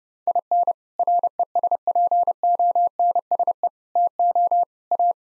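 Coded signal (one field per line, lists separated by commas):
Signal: Morse code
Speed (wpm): 30 wpm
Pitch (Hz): 700 Hz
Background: none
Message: IN RESPONSE TO A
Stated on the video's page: Morse code sentence-copying practice at 30 wpm built on common six-word phrases, sent once, then spoken, then sent again.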